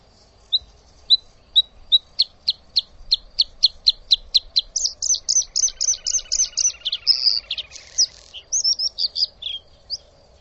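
Bird calls: sharp high chirps repeated about twice a second, quickening into rapid bursts and buzzy notes, with a faint lower warble and a constant background hum.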